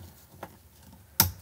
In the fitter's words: There we are. You heard that click in. That's what you want to hear.